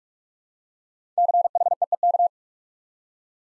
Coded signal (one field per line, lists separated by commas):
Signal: Morse code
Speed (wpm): 44 wpm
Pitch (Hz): 700 Hz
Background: none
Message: CHEEK